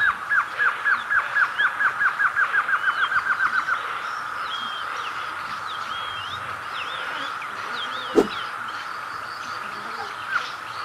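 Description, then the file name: Glossy antshrike singing an accelerating string of downslurred notes for four seconds, followed by varied chirps of other birds and a single sharp knock. "Canto do choca dagua"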